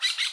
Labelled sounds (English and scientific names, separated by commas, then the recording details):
Brown-throated Parakeet (Eupsittula pertinax) contact call
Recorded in Bonaire
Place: 1 km E of roosting area just N of Seru Largu
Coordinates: 12.199, -68.268